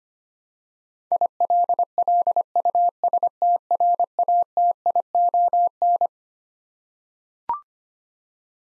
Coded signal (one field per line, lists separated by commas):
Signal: Morse code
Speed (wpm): 25 wpm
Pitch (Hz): 700 Hz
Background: none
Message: ILLUSTRATION